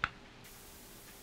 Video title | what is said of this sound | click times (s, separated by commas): DIY Spectra watermaker rebuild - Sailing Exodos, ep.47 | you hit a click and then | 0.0 s